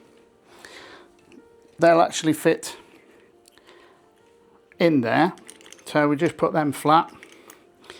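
On a TT120 model railway baseboard, wiring connectors are laid flat, ready to be pushed into their holders on the baseboard. Someone talks over faint handling taps and rustles. Nothing has seated or clicked yet.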